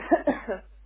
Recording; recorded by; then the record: voluntary cough; telephone call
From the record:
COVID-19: positive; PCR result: self-reported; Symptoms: no